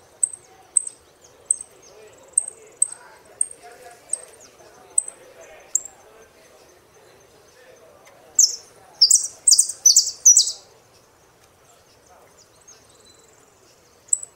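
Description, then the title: Saffron finch giving repeated thin high chips, then a loud burst of song phrases, a pause, and one more chip. "Jilguero Argentino"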